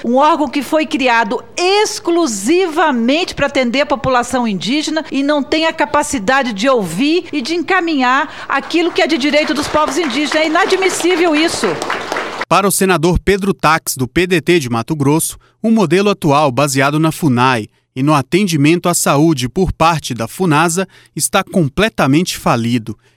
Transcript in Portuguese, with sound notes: Um órgão que foi criado exclusivamente para atender a população indígena, e não tem a capacidade de ouvir e de encaminhar aquilo que é de direito dos povos indígenas. (palmas) É inadmissível isso.
Para o senador Pedro Taques, do PDT de Mato Grosso, o modelo atual baseado na FUNAI e no atendimento à saúde por parte da FUNASA, está completamente falido.